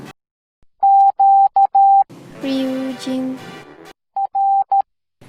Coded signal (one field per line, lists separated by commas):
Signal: Morse code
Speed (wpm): 12 wpm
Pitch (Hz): 790 Hz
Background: speech, music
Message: QR